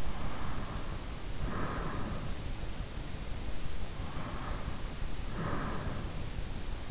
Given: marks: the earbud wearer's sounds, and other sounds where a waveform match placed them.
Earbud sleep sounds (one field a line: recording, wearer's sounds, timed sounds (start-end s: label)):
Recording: sounds in sleep by an in-ear microphone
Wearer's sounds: breath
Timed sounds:
0.00-2.01 s: breath
3.85-6.22 s: breath